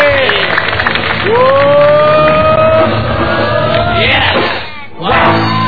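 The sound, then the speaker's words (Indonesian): A crowd claps and cheers loudly and steadily, with rising whoops and shouted voices over dense applause that briefly dips near the end before swelling again. “Weh, kasih tepuk tangan dong, kasih suara.”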